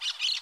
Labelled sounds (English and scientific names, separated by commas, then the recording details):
Brown-throated Parakeet (Eupsittula pertinax) contact call
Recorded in Curacao
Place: along powerline, near entrance of Santa Barbara resort
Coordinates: 12.068, -68.844